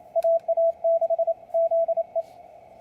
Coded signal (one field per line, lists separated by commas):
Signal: Morse code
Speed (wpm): 28 wpm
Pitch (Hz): 660 Hz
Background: radio noise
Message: AA6ZE